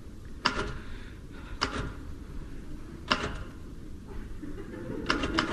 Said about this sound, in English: Haven't you finished typing out those invitations yet? Don't rush me. Don't rush me. Might help if you took the gloves off. My hands are cold. Anyway, what's wrong with typing in gloves?